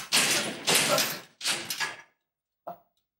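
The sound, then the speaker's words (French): A door swings and shuts with several loud, rushing bursts of creak and scrape over about two seconds, then a short, low thud as it settles closed. “La porte s'est fermée.”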